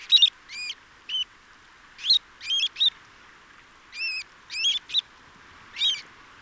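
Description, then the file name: Dunlin calls, short harsh buzzy notes with a rising-falling shape, given singly or in quick pairs and triplets, fairly regularly throughout over a faint high hiss. Nominate subspecies alpina. "becasseau variable - calidris alpina alpina"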